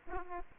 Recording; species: mosquito wingbeat signal from an infrared sensor; Aedes aegypti